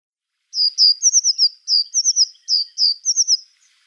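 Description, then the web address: African blue tit song: a rapid series of high slurred chirping notes in a rhythmic run lasting about three seconds. Subspecies ultramarinus; song. "Schulze Peter African Blue Tit"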